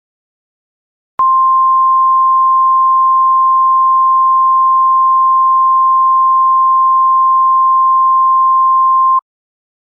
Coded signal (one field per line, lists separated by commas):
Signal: Emergency Alert System (SAME) tones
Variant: 1050 Hz attention tone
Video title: Eas Scanerio World War 4